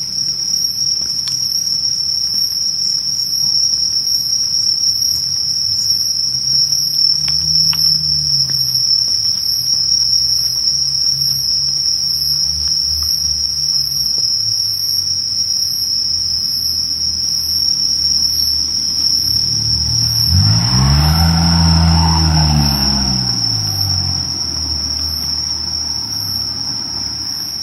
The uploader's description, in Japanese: 色んな虫の声や人の暮らしや、やっぱり蝉の声が時々しました